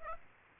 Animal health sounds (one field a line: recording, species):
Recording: mosquito wingbeat signal from an infrared sensor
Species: Aedes aegypti